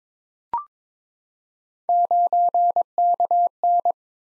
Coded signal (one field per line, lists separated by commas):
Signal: Morse code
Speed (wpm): 22 wpm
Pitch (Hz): 700 Hz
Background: none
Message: 9KN